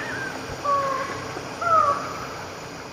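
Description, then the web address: Lined forest falcon giving one two-note phrase, a flat whistled note followed by a higher, slightly falling one. Two-noted song; Eastern Lowlands of South America. "S America Eastern Lowlands. Micrastur gilvicollis, 2-noted song"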